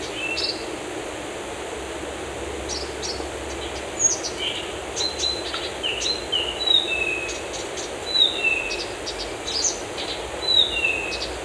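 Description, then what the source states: Birds singing: several high, scattered chirps and short down-slurred whistles, irregularly spaced, over a steady soft hiss. Birds in a forest.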